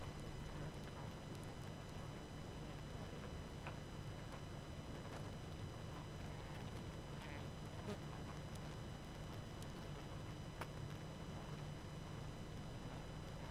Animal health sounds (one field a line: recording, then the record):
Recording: honeybee colony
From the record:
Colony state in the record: active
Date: 12 June 2018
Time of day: 20:50